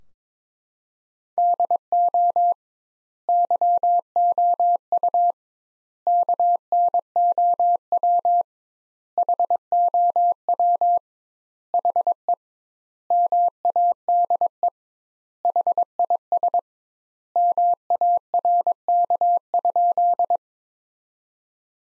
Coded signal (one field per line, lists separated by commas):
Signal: Morse code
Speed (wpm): 22 wpm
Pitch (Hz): 700 Hz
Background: none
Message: DO YOU KNOW HOW HE MADE HIS MARK?